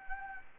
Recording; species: mosquito wingbeat signal from an infrared sensor; Anopheles gambiae